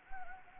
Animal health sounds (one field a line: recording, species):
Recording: mosquito wingbeat signal from an infrared sensor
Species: Anopheles gambiae